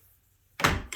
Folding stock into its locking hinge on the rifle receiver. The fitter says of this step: extremely sturdy it locks in place there is no slop in it